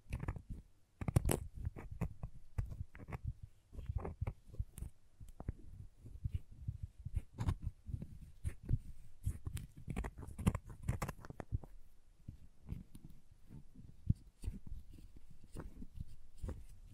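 Crayons tap and scrape in quick, uneven bursts of dull knocks and scratchy strokes, continuing densely throughout with brief pauses.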